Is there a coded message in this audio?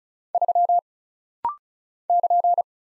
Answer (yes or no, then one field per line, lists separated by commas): yes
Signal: Morse code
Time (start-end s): 0.3-2.6 s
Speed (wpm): 36 wpm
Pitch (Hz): 700 Hz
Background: none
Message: 3 <KN>